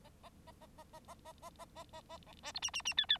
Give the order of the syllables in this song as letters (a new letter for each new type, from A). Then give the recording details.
A A A A A A A A A A A A A B C D E E E F F. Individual Bird9